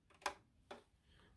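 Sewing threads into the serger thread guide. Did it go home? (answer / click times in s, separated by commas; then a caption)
yes / 0.3 s, 0.7 s. On a Singer S0235 overlock serger being threaded with 4 threads, both hands pull the threads, including the green one, to the left so each snaps into the thread guide. Two short clicks are heard at 0.3 s and 0.7 s as the threads seat in the guide. No one talks.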